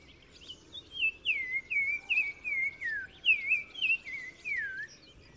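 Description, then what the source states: Black-crowned tchagra singing a long phrase of clear, downslurred whistles that step and waver lower, repeated in quick succession. Recorded 15 March 2000 in spring at Oued Massa, Morocco, in gardens with hedges and bushes around Zaouit Massa village; repeated phrase; Nagra Ares-BB with Telinga Pro6.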